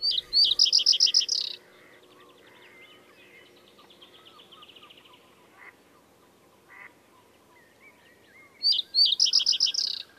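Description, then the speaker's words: Common Reed Bunting song, two short verses of rapid, repeated high chirpy notes, one at the start and one near the end. Simple verse heard in southern reedbeds or northern bogs; tells the observer a territory is still held. "Pajusirkun yksinkertainen säe sävyttää mukavasti etelän ruovikkomaisemaa tai pohjoisen rämettä ja antaa havainnoitsijalle tiedon pajusirkun vielä jäljellä olevasta reviiristä."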